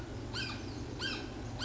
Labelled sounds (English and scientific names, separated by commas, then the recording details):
Blue-gray Gnatcatcher (Polioptila caerulea)
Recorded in Sonoma County, California